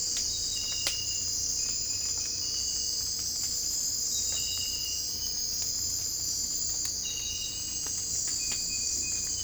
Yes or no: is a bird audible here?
no